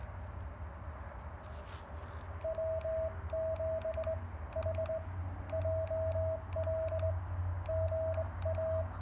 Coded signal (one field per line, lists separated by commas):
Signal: Morse code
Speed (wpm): 20 wpm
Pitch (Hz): 660 Hz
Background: radio noise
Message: W7HJL GA